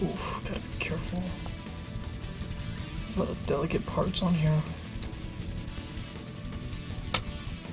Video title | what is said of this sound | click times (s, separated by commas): [Unboxing] Magical Girls & Hell Itself!!! (S.H. Figuarts and CCS Toys) | Okay, it snaps into place perfectly. | 7.1 s